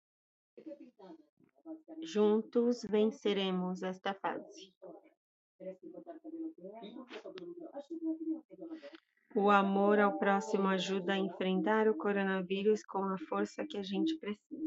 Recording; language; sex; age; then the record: spoken sentence; Brazilian Portuguese; female; 30 to 39 years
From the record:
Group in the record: control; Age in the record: 37 years